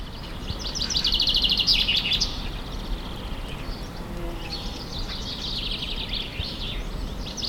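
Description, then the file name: Common chaffinch song: a loud, fast trilled phrase early on, then a second, fainter phrase later, over constant low background noise. "Fringilla coelebs"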